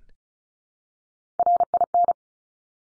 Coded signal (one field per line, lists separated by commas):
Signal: Morse code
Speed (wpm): 36 wpm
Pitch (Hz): 700 Hz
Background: none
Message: RIN